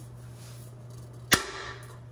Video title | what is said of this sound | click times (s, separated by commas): Review of Kitchen Aid Mixer | which is why you heard that click | 1.3 s